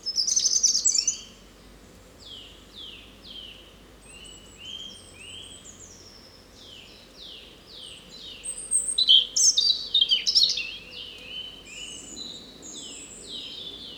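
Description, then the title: European robin song: a loud burst of high, thin warbling, then a long run of quick descending whistled notes with a second bright flourish midway. Spring song recorded in a small wood beside the Rouquette stream, Saint-Jean, France, using a parabolic microphone and a handheld digital recorder. "53 Chemin Bellevue, Saint-Jean, France - Chant printanier : Rouge Gorge"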